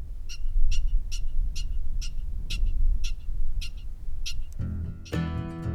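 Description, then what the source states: American pika giving a series of sharp, squeaky calls, then music at the end. Pika heard in the Bodie Hills, eastern edge of California's Sierra Nevada, in summer (16 August), late afternoon as it cools off, during a pika census.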